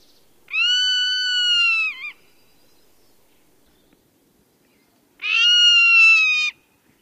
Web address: Songs of Birds of North America Know Your Bird Sounds Common Western Species. Zone-tailed Hawk